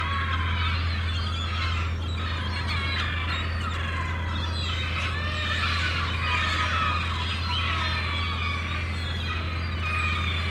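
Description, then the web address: Gulls in a noisy flock, many squealing and laughing cries overlapping continuously, with a constant low droning hum underneath. Gulls at a harbour, described as crazy. "The Sound Pack Tree - Sonic Seaside - Crazy Harbor Seagulls"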